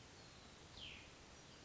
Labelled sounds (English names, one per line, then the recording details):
Cassin's Vireo
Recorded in Sonoma County, California